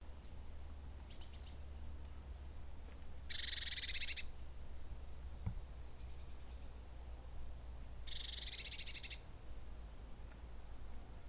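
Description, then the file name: Eurasian blue tit giving two scratchy, rapid churring bursts about five seconds apart, with faint thin high notes between, over steady low rumble. "Cyanistes caeruleus"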